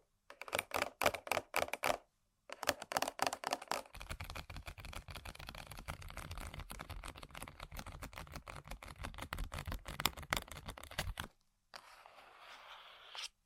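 Tapping and scratching on objects: quick bursts of sharp clicking taps in the first four seconds, broken by a short gap. A denser, steady run of rapid taps with a low rumble follows until about eleven seconds, then a brief hissy scratching after a pause.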